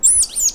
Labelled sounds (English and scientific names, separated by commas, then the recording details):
Stitchbird (Notiomystis cincta) song
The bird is a male
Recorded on Tiritiri Matangi Island, New Zealand, in 2005
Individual 1, of nest box 1